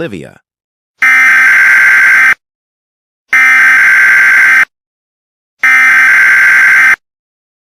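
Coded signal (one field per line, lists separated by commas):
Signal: Emergency Alert System (SAME) tones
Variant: header bursts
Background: speech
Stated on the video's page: Simulated alert scenario made for entertainment and pranks.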